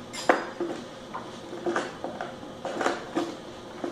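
A second steel skateboard bearing is pressed by hand into the wheel's urethane hub on the axle and pops in with a sharp click at 0.3 s, seating the bearing in the wheel. Lighter metallic clicks and taps follow through the rest of the clip.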